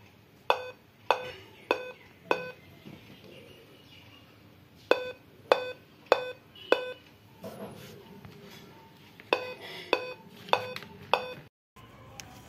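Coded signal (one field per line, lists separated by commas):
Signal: beep code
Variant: Dell laptop BIOS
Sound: buzzy square-wave beeps in three groups of 4, each group repeating after a pause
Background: small room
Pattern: 4 short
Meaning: On Dell laptops, four beeps indicate a memory (RAM) read/write failure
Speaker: अब हम अपने लैपटॉप को ऑन करके देख लेते हैं क्या होता है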